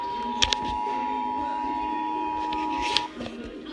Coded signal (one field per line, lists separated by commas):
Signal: Emergency Alert System (SAME) tones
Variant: 853 and 960 Hz attention tone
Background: music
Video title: EAS #269 Severe Thunderstorm Warning